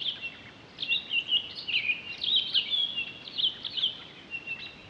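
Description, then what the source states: Townsend's solitaire song: a rapid, tumbling series of high warbled and whistled notes running almost without a break. On 23 October 2011.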